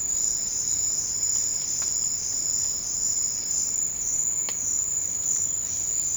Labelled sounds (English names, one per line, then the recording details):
none
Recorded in secondary vegetation near Puerto Asís, Putumayo, Colombia, on 9 March 2025 at 13:00
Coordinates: 0.484, -76.319
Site G010